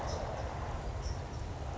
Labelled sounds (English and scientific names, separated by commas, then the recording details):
California Towhee (Melozone crissalis)
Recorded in Sonoma County, California